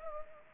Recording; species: mosquito wingbeat signal from an infrared sensor; Anopheles arabiensis